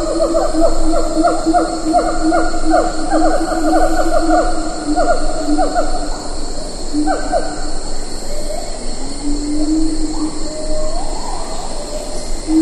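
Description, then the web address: Siamang: a rapid series of whoops, then slower sliding hoots, with a steady insect drone throughout. "earth naturelibrary assets s si siamang"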